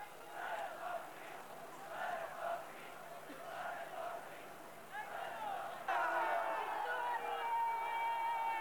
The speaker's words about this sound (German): Viktoria, Sieg wird gerufen.